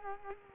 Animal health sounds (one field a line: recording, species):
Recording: mosquito wingbeat signal from an infrared sensor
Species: Culex quinquefasciatus